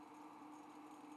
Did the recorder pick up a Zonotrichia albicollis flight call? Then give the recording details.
no. No flight call is heard. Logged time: 02:33 on 5 December 2014